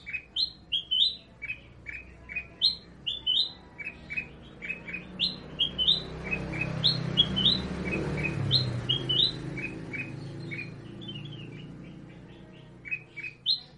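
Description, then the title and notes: Sooty-headed bulbul giving repeated chirped phrases while a low rumble rises midway, continuing the quick notes throughout. Described as gacor, singing actively and profusely. "kutilang gacor"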